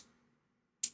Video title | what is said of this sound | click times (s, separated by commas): Sunday Product Finds and Giveaways with DragonBloggers | here it snap | 0.8 s